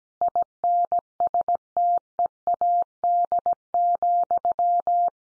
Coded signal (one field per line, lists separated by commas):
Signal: Morse code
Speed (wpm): 17 wpm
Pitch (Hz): 700 Hz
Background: none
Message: INSTEAD,